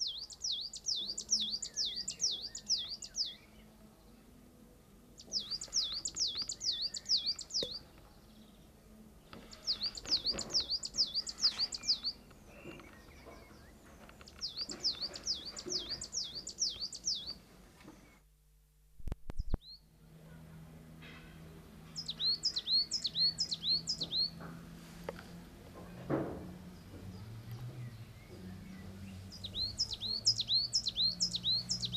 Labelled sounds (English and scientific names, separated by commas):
Coal Tit (Periparus ater) song